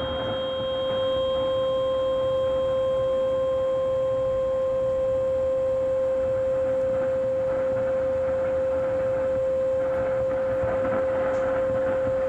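Radio frequency interference on AM 1620: a loud, steady tone holds unbroken for the whole twelve seconds, with fainter whistles above it. Underneath runs a dense rushing hiss and low rumble, with light crackle growing slightly busier toward the end.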